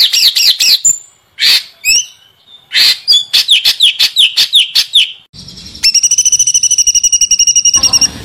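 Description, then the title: White-eye song: varied high, sliding notes and quick twitters, ending in a steady, even trill of rapid high pulses. Continuously singing (gacor) white-eye, in a masteran recording with full tembakan bursts. "Masteran Burung Pleci Gacor Full Tembakan"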